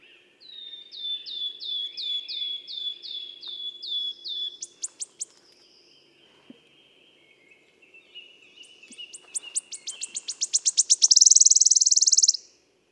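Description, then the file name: Wood warbler song: a run of clear descending whistled notes, then an accelerating series of ticking notes that speeds into a high shivering trill. "Pouillot siffleur"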